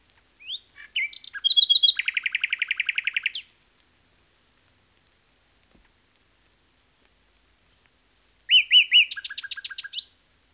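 Common nightingale song with a fast rattling trill, a pause, then a series of slow piping whistles swelling into a rapid chattering phrase.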